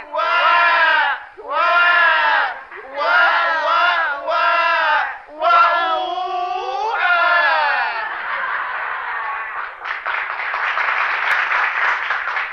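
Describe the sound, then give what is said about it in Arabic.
Several children wail and shout loudly in repeated bursts of high, harmonic crying, then their voices blend into a continuous noisy clamour of shouting. “كويس كده تعيط العيال؟ وعيطوا ليه؟”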